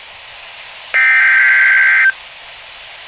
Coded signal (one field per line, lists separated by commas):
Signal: Emergency Alert System (SAME) tones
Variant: header bursts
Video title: Severe Thunderstorm Watch 7-26-12 (EAS#40)